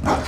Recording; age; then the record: pig call; growing-finishing pig (85 days or more)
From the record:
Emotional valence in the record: positive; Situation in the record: run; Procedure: transit